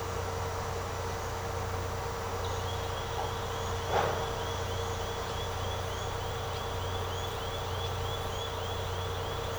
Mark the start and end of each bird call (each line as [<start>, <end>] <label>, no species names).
[2.56, 9.58] bird call